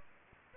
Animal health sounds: mosquito wingbeat signal from an infrared sensor; Anopheles gambiae

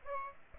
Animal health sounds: mosquito wingbeat signal from an infrared sensor; Aedes aegypti

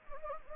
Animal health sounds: mosquito wingbeat signal from an infrared sensor; Anopheles gambiae

